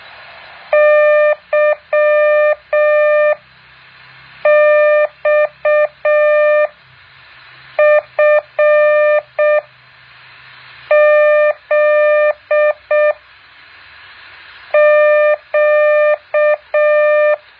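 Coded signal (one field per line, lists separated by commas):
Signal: Morse code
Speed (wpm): 6 wpm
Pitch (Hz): 600 Hz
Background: none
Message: YXFZQ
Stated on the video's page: Morse code practice exercise.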